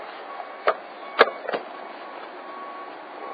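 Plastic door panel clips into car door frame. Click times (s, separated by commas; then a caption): 0.7 s, 1.2 s, 1.5 s. Plastic retaining clips of a car door trim panel are pushed into the door frame and snap into place with sharp clicks at 0.7, 1.2 and 1.5 seconds over a low steady background hum. The clips seat and the panel is secured.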